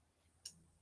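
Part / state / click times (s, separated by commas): sliding blade mechanism into its locking housing / seated / 0.5 s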